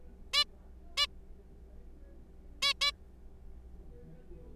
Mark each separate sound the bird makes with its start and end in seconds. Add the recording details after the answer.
0.34-0.44, 0.97-1.07, 2.62-2.73, 2.81-2.91. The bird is a juvenile. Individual R3428